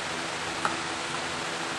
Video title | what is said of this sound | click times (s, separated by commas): Mini Edge Lit Sign Instructional Demonstration.wmv | this basically just snaps right into place | 0.6 s